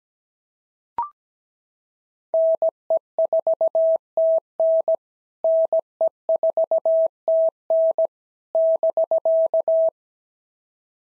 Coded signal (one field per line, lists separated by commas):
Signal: Morse code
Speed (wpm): 17 wpm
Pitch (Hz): 650 Hz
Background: none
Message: NE4TN NE4TN <BK>